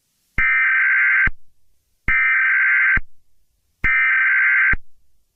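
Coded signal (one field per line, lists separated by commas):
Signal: Emergency Alert System (SAME) tones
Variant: header bursts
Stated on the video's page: Fake, hypothetical EAS scenario of a tornado outbreak with a tornado hitting a beach.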